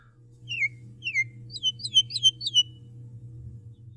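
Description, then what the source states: Javan Myna song of clear whistled notes, each sliding downward, given in a quickening series with higher squeaky notes, over a low steady hum. Single bird; song described as pleasant and not noisy.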